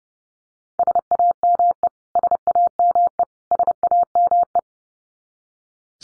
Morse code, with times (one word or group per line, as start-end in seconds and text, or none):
0.8-1.9 SAME
2.2-3.2 SAME
3.5-4.6 SAME